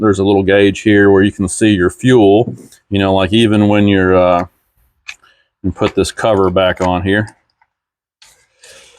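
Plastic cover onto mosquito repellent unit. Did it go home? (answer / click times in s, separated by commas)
yes / 8.2 s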